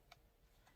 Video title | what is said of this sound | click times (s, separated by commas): Mpow CD SLOTAIR VENT FAST WIRELESS CHARGER CAR MOUNT | and when you hear the click, that means all the way in. | 0.1 s